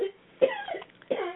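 Three brief, fairly muffled cough bursts from an adult woman in just over a second, each a sharp onset followed by a short voiced tail, with quiet gaps between. This is a repeated cough in a woman who has been coughing quite a lot lately.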